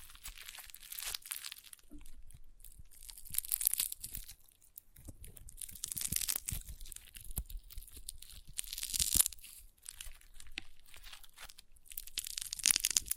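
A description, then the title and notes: Crunchy slime is squeezed and worked, giving dense bursts of crackling, crinkly pops that swell and fade in waves. Louder clusters come around four, six to seven, nine, and near the end, with short quieter gaps between them, and a faint low thumping underneath. ASMR Satisfying Crunchy Slime (No Talking).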